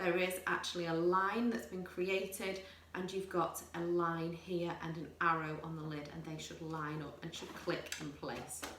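A plastic lid is handled on a food processor bowl, being turned so the line and arrow on the lid line up with the handle. Someone talks throughout, with faint light clinks underneath. Nothing has seated or locked yet.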